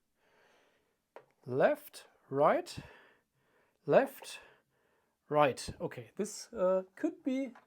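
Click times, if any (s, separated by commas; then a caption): none. During assembly of an Ankermake M5 3D printer, a cable connector is handled and fiddled with in preparation for being pushed into its socket on the printer while someone talks, with a brief sharp sound near 1.2 s. The clip ends before the plug goes home, so nothing has seated or clicked yet.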